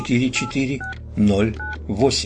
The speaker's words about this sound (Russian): Дрожащий палец Кэти осторожно набирает номер, и мы слышим соответствующие каждой цифре номера щелчки.